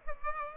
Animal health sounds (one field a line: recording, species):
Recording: mosquito wingbeat signal from an infrared sensor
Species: Aedes aegypti